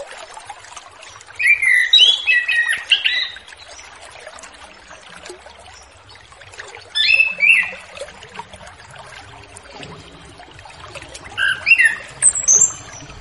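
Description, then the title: Orange-headed thrush singing three separate bursts of varied, warbled phrases, each a second or two long, with quiet gaps between them. Relaxed 'ngeplong' song style, played as a lure to draw in wild spotted juvenile orange-headed thrushes. "Anis Kembang Ngeplong Santai , Untuk Pancingan Anis Kembang Lepas Trotol"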